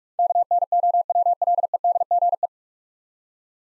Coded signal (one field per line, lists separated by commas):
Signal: Morse code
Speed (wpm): 41 wpm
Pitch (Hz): 700 Hz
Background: none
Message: KNOWLEDGE